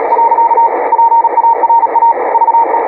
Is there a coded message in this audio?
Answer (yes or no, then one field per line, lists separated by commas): yes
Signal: Morse code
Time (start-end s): 0.1-2.8 s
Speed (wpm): 36 wpm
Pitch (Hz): 920 Hz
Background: radio noise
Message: . PARA VE